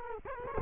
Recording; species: mosquito wingbeat signal from an infrared sensor; Culex quinquefasciatus